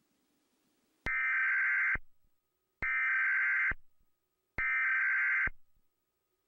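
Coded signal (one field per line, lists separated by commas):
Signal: Emergency Alert System (SAME) tones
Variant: header bursts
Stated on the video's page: Made for an EAS scenario in Videoshop Pro, with attention tones.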